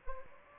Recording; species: mosquito wingbeat signal from an infrared sensor; Anopheles gambiae